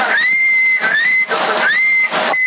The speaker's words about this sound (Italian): A me sembra sempre 9,5 qua, provo a fischiare a lungo.